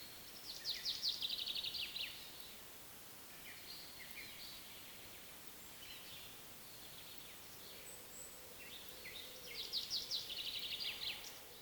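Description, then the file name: Common chaffinch song, two rapid trilled phrases of high notes at the start and near the end, with scattered quieter notes between over constant hiss. "Fringilla coelebs"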